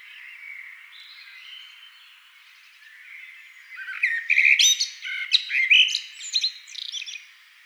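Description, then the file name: Eurasian blackbird song: soft warbling for a few seconds, then a loud burst of squeaky, twittering and fluting notes that fades out at the end. "amsel"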